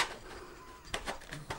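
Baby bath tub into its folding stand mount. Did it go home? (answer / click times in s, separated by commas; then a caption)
no / none. A plastic Rotho Babydesign baby bath tub is pushed by hand into the holder of its plastic folding function stand. After a faint low hum, short knocks are heard at about 0.9, 1.3 and 1.5 seconds. The tub has not latched or seated yet.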